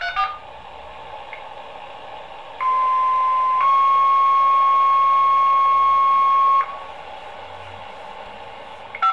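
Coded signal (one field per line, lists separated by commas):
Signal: two-tone page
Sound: a one-second steady tone, then a slightly higher three-second tone, over hiss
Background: radio static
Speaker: unless the fire transmitter drops for a tick between tone combinations the scanner will only detect the first tone combination here is an example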